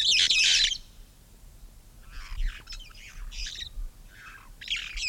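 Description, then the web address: Red-fronted parrot calls: one loud grating screech opens, followed by a series of quieter, scratchy squawks at irregular intervals. "parrots poicephalus-gulielmi"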